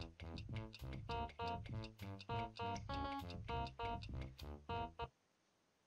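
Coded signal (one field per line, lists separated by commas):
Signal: none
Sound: game music synth notes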